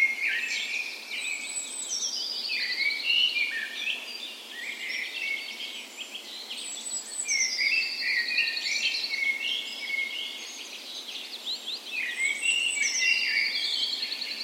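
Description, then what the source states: Dawn chorus of birds with a high descending trill recurring every few seconds, layered over steady chirping, warbles and whistles from several birds. Dawn chorus in a park west in Bergen, Norway, on the morning of 17 May, Norway's National Day, in full spring; Sony PCM A10 recorder with LOM micro Usi microphones as "tree ears".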